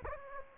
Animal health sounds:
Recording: mosquito wingbeat signal from an infrared sensor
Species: Anopheles gambiae

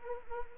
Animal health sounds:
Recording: mosquito wingbeat signal from an infrared sensor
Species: Anopheles arabiensis

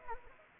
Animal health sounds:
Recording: mosquito wingbeat signal from an infrared sensor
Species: Anopheles arabiensis

